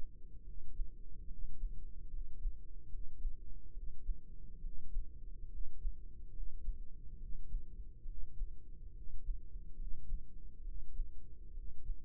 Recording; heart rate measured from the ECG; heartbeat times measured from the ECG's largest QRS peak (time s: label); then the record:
heart sounds by microphone in the right ear; 70 bpm
0.42 s: heartbeat
1.26 s: heartbeat
2.08 s: heartbeat
2.87 s: heartbeat
3.71 s: heartbeat
4.59 s: heartbeat
5.47 s: heartbeat
6.30 s: heartbeat
7.16 s: heartbeat
8.03 s: heartbeat
8.91 s: heartbeat
9.74 s: heartbeat
10.61 s: heartbeat
11.51 s: heartbeat
From the record:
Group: healthy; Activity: rest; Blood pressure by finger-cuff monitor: 107/67 mmHg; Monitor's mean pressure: 78 mmHg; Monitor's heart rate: 71 bpm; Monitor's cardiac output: 4.9 L/min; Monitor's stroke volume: 70 mL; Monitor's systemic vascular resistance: 1130 dyn s/cm5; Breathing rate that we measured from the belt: 17 breaths a minute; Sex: male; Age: 20 years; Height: 167 cm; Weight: 61 kg